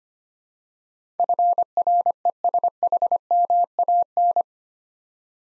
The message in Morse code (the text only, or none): FRESHMAN